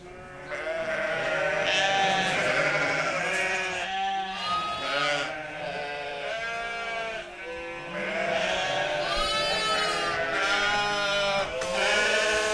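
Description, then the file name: Sheep giving a dense chorus of tremulous bleats, several animals calling at once. Ewes during shearing at Saint-Pierreville, Ardèche; not large animals, averaging about 50 kg. "La-tonte-des-brebis-Saint-Pierreville-Ambiances-Sonores-d Ardeche-Studio-Les-Trois-Becs"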